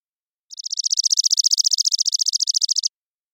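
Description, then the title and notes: Chipping sparrow trill: one rapid, steady series of high, dry chip notes lasting over two seconds, swelling slightly in loudness, with a clean silent background. Single bird's trilling song, parabolic recording, natural pace, rhythm and dynamics kept, cleaned for clarity; Pacific Northwest, Washington, United States; common voice of intermixed tree-grass open spaces. "Chipping Sparrow, Spizella passerina, trilling song, single species parabolic recording, single bird performance, natural pace, rhythm, & dynamics maintained, clean processed for clarity, family: New World Sparrows, common voice of intermixed tree-grass open spaces Recorded in the beautiful Pacific Northwest, Washington, United States"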